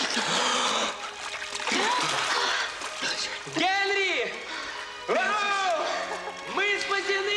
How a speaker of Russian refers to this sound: Разбежавшись, прыгает в водоворот. Они сразу скрываются в бурлящих и закручивающихся водах озера.